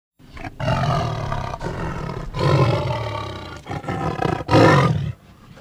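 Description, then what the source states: Tiger giving low, rough growls with short gaps between, the loudest, raspiest burst near the end. Growls mixed with some wheezes.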